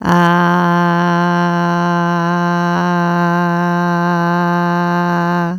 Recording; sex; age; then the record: sustained vowel /a/; female; 60 to 69 years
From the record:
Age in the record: 61 years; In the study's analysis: included